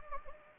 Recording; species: mosquito wingbeat signal from an infrared sensor; Anopheles gambiae